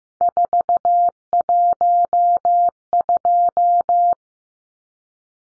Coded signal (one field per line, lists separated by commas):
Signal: Morse code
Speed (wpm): 15 wpm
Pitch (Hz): 700 Hz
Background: none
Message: 412